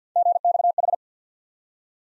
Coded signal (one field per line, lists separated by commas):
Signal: Morse code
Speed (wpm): 49 wpm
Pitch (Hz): 700 Hz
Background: none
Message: GXH